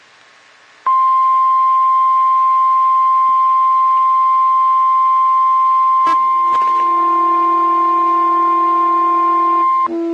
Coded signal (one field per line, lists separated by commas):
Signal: Emergency Alert System (SAME) tones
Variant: 1050 Hz attention tone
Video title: TOR on KHB37 (EAS #147)